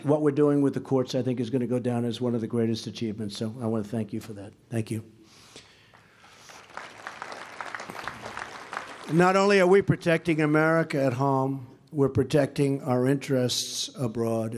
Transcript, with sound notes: what we’re doing with the courts, I think, is going to go down as one of the greatest achievements, so I want to thank you for that. Thank you. (Applause.) And not only are we protecting America at home, we’re protecting our interests abroad.